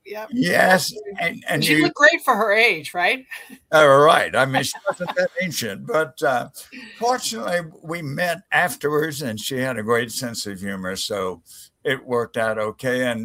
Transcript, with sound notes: Yes, and—
She looked great for her age, right? (Laughs)
Oh right, I mean she wasn’t that ancient, but—fortunately, we met afterwards and she had a great sense of humor, so it worked out okay.